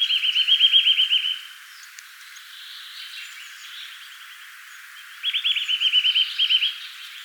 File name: Sitta europaea